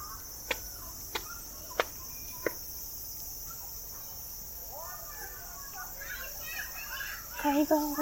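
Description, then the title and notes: Cicada drone, high and unbroken, with a few loud clicks early on and bird chirps near the end. Recorded 16 September 2022, day 11; the recordist is unsure whether it is a large brown cicada or a bear cicada. "アブラゼミ？クマゼミ？ ＃あさりー"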